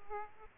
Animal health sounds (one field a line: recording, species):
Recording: mosquito wingbeat signal from an infrared sensor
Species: Aedes aegypti